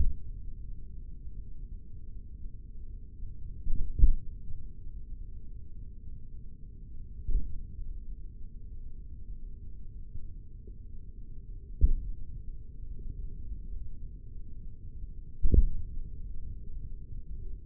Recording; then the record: forearm muscle sounds (acoustic myography)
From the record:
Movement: tripod grip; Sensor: system 3, bracelet of six PUI Audio POM-2738L microphones around the upper forearm, with dedicated amplification and filtering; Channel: 4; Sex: male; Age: 56 years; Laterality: right